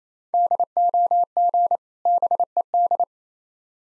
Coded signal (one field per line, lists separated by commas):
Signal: Morse code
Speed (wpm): 28 wpm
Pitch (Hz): 700 Hz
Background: none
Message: DOG BED